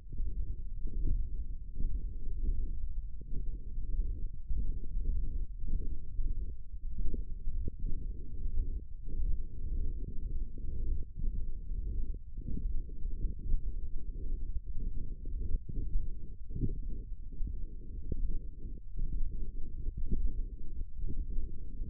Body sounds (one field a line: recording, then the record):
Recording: forearm muscle sounds (acoustic myography)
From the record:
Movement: ulnar deviation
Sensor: system 1, eight BSWA MPA416 microphones around the upper forearm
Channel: 5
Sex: male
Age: 23 years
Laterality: right